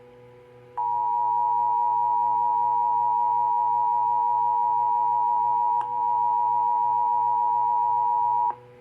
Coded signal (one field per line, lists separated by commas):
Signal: Emergency Alert System (SAME) tones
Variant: 853 and 960 Hz attention tone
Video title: EAS 7957-7972 EAS Alerts from 5/15/2025-5/17/2025 Pt. 3/3